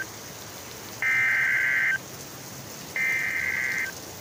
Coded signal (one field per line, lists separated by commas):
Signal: Emergency Alert System (SAME) tones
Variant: header bursts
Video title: Eas Video Compilation (100th EAS!!!)